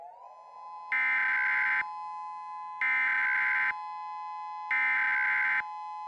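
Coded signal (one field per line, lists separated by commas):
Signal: Emergency Alert System (SAME) tones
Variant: header bursts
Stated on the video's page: This is a fictional alien-invasion EAS scenario.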